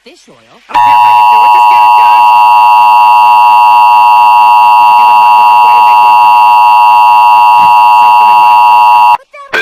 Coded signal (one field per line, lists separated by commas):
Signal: Emergency Alert System (SAME) tones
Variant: 853 and 960 Hz attention tone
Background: speech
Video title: EAS Mock - Tornado Watch, Half weird, half normal